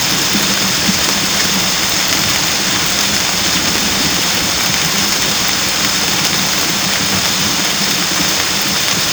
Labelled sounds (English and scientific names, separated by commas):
none